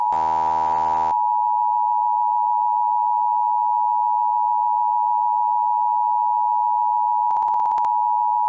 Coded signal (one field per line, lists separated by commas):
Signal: Emergency Alert System (SAME) tones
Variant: 853 and 960 Hz attention tone